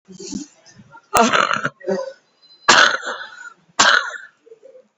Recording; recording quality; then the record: heavy voluntary cough; excellent, no background noise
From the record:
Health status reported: COVID-19 positive, mild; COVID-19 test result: positive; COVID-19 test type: RT-PCR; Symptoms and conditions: sore throat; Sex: male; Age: 53 years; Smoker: no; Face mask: not worn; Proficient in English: yes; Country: India